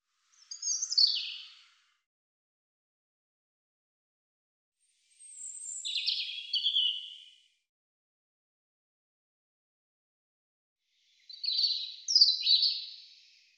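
European robin song: three short high warbling phrases of thin descending and fluttering notes, separated by silent gaps of several seconds.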